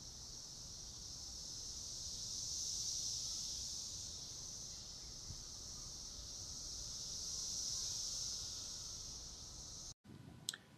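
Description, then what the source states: Periodical cicadas giving a high buzzing chorus that rises and falls in long surges, ending in a sudden break. Brood X periodical cicadas during 17-year emergence; described as sounding alien; sounds said to differ by time of day.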